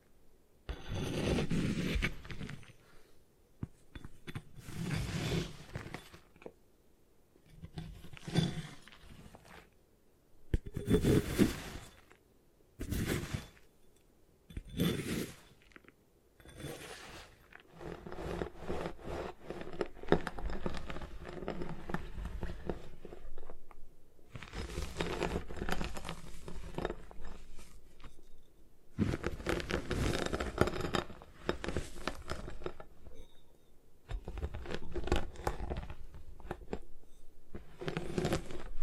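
Gym chalk is crushed and scraped in irregular gritty bursts, with sharp crumbling hits around eleven and fifteen seconds and denser rubbing later.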